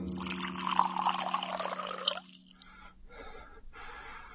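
Water splashes steadily into a glass for about two seconds, its gurgling pitch rising as the glass fills, then stops and leaves a few soft, faint clinks and drips.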